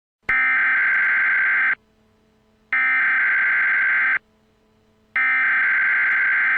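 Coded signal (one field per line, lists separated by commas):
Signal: Emergency Alert System (SAME) tones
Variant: header bursts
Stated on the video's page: Mock EAS alert for a fictitious Ebola outbreak scenario.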